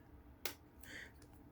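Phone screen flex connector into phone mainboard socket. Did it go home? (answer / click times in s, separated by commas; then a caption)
yes / 0.5 s. During reassembly of a Galaxy A5 (6) phone, the screen flex connector is pressed into its socket on the mainboard. A sharp snap is heard at 0.5 s, followed by two fainter ticks around 0.8 s and 1.2 s. The connector is seated.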